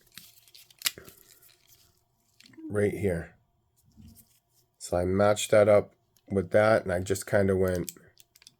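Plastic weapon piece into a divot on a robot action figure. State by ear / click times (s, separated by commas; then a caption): not seated / none. A plastic weapon piece is lined up with a small divot on a robot action figure and handled, with a few sharp plastic ticks near the start, around 0.2–1.2 s, while someone talks. The part has not yet been pushed home, so nothing has seated or clicked yet by the end of the clip.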